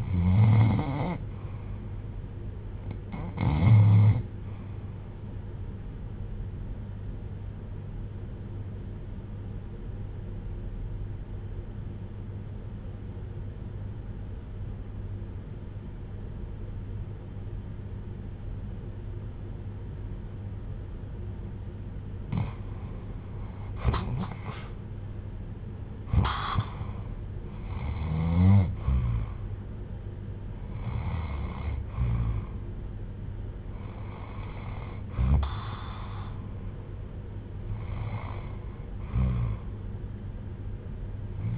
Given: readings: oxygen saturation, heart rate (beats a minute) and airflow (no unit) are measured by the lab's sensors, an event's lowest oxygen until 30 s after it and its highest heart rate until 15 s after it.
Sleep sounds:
breathing in sleep by a smartphone at the bedside; 1
7.00-24.60 s: hypopnea (REM, oxygen 92% highest, then 80% lowest, heart rate 73 at the start, 88 highest)
From the record:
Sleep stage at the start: REM sleep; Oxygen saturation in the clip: 80 to 92%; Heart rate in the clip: 65 to 88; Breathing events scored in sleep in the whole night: 310 in 8.1 hours asleep

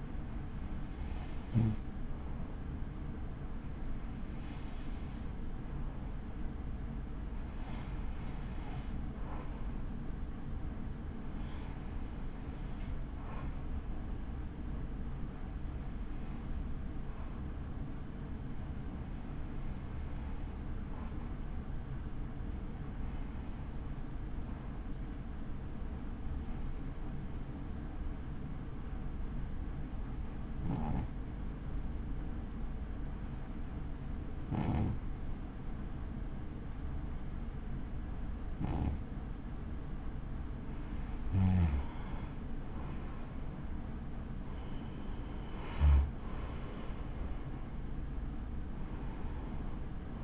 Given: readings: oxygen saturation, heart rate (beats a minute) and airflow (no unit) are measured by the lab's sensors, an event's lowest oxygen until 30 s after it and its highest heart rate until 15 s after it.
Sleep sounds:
breathing in sleep by a smartphone at the bedside; none
none scored
From the record:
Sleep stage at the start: N2 (light sleep); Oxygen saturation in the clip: 93 to 95%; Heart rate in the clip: 34 to 65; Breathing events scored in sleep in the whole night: 83 in 6.1 hours asleep

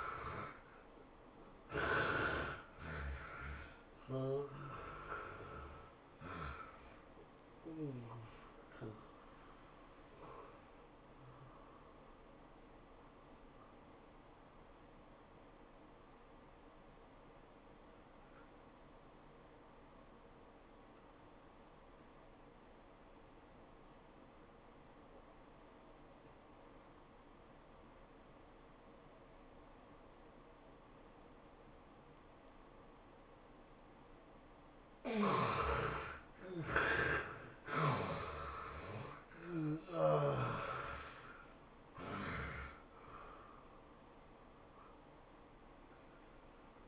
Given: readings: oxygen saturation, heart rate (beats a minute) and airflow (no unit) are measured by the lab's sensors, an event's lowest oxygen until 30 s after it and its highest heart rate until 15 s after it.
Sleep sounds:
breathing in sleep by a voice recorder at the bedside; 1
16.00-46.88 s: new sleep stage, N1 (lightest sleep)
20.00-35.60 s: obstructive apnea (N1, oxygen 96% highest, then 70% lowest, heart rate 97 at the start, 110 highest)
From the record:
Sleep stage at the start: N2 (light sleep); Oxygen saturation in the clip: 72 to 96%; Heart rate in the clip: 80 to 110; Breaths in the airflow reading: 7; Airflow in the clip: -16.6 to 15.9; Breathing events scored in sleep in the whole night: 403 in 5.5 hours asleep

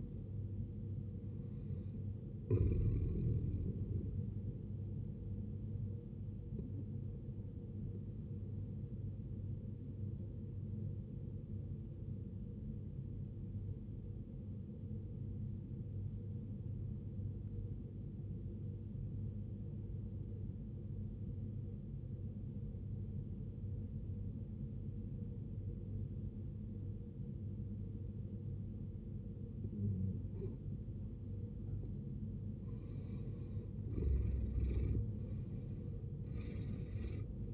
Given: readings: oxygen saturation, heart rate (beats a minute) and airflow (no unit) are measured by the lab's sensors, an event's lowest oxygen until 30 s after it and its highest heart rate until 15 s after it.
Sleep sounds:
breathing in sleep by a smartphone at the bedside; 1
14.00-32.60 s: obstructive apnea (N1, oxygen 93% highest, then 75% lowest, heart rate 67 at the start, 80 highest)
From the record:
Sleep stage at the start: N1 (lightest sleep); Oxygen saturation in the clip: 73 to 93%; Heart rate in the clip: 55 to 77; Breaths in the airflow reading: 4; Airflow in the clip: -15.6 to 16.2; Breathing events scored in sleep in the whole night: 389 in 6.3 hours asleep

